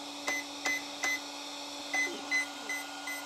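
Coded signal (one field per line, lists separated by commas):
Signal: beep code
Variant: FS Racing ESC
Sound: about six short high beeps, each with a click, over a low steady hum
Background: low electrical hum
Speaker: there we go four so now i've got a value of four for this parameter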